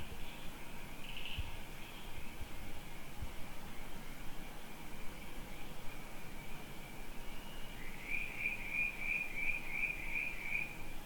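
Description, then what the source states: Cricket chorus as a thin high hum, with a short run of rapid evenly spaced chirps in the last three seconds, beneath low steady rumble. Crickets at night on a rural property.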